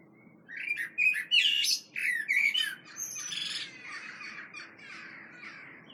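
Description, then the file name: Common blackbird song: a run of fluty, warbling notes around the middle pitch, followed by a longer stretch of softer, scratchy twittering that fades out. "Turdus merula"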